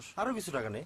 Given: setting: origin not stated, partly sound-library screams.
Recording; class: one-second piece from a danger detection set; normal situation